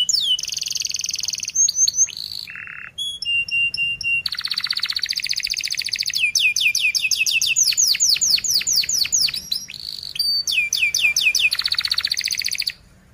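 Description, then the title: Canary song, long and varied: buzzy trills, a low nasal burst, clipped repeated notes and fast runs of downward-sweeping whistles, switching tours every second or two. Domestic canary in full, rapid, dense chirping song, played as a lure to teach young canaries to sing. "Kenari Gacor Speed RAPAT Cuit Cuit Ngero L Untuk Pancingan Kenari Paud Belajar Bunyi"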